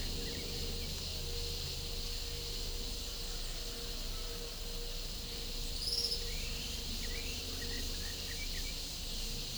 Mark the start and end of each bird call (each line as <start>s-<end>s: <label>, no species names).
5.72s-8.92s: bird call